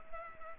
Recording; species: mosquito wingbeat signal from an infrared sensor; Culex pipiens